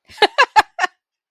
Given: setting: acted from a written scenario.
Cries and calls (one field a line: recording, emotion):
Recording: vocal sound without words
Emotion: amusement